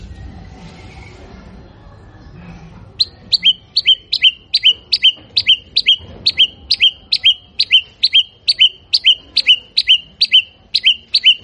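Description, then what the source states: White-rumped shama giving a long series of sharp, downslurred whistled notes, roughly two per second, after a few quiet seconds. Actively singing bird used as a lure to provoke a response from other birds.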